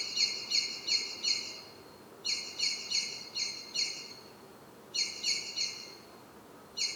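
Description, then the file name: Common blackbird calls: bright, hard chinking notes delivered in bursts of three to five, each burst separated by a brief pause, with steady faint hiss behind. "Turdus merula"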